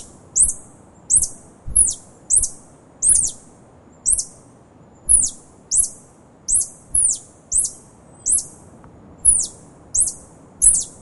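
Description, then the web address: Tarsier calls: shrill, very high descending chirps in a rapid, fairly regular run, against soft low background noise. "earth naturelibrary assets t ta tarsier"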